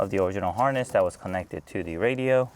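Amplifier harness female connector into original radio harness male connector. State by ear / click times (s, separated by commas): not seated / none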